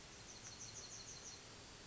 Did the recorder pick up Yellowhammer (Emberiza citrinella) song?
yes